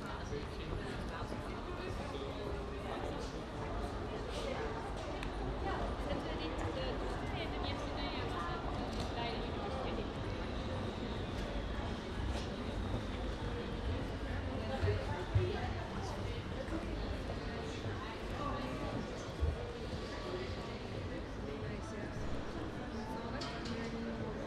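A Rotterdam metro ride or platform wait, with a steady low rumble and murmuring voices throughout. The level stays even, broken by scattered clicks and knocks, a brief sharper clatter around fifteen seconds, and a faint rising tone in the middle.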